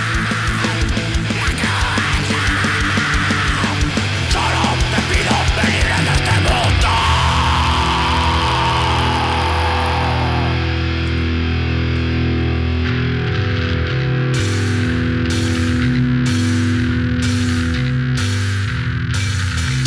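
A loud rock song, a new release by a band from Ibiza, plays on the radio show La Hora del Rock, with heavily distorted guitars and a driving low end and no one speaking; near the end, sharp rhythmic bursts of cymbal-like hits punctuate the dense sound.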